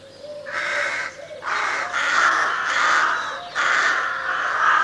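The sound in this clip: Crow caws, long drawn-out harsh calls following one another with brief gaps, rough and raspy throughout.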